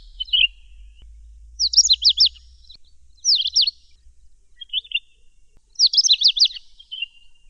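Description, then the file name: Oriental magpie-robin singing bursts of rapid, sweet whistled phrases with quick up-and-down slurs, separated by short pauses, with a faint low rumble underneath. Indian variety of oriental magpie-robin. "kacer india omkicau"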